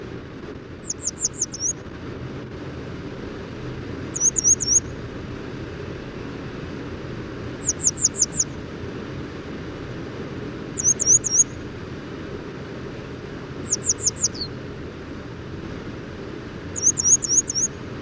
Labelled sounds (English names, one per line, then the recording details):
Grey Wagtail song
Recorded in the wild
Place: Blumenholz, Mecklenburg-Vorpommern, DE
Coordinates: 53.36, 13.073
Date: 1979-04-20 04:45
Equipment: Nagra III BH, Sennheiser MD 21, parabola
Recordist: Schubert, Michael
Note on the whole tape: Gesang Gebirgsstelze